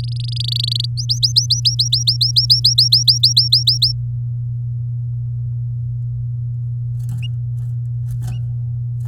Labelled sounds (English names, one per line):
Domestic Canary song